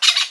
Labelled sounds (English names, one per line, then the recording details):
Brown-throated Parakeet contact call
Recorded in Venezuela
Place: Guárico; Corozopando; Fundo La Fe
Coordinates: 8.506, -67.593